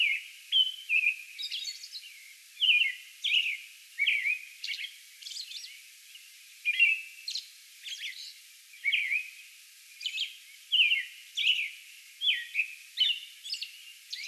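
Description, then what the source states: American robin song bout, a continuous stream of mellow whistled phrases and sharp high squeaks, phrases coming in quick clusters. Song bout recorded on May 11.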